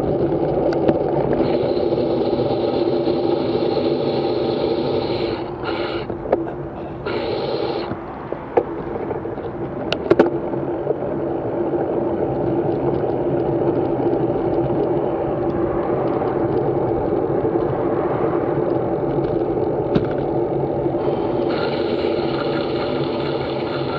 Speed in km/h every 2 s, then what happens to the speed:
17, 9, 7, 13, 19, 23, 24, 24, 23, 19, 15, 14.
0-2 brakes to 9. 4-10 speeds up to 23. 10-15 steady at about 24. 15-24 slows to 14.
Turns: none.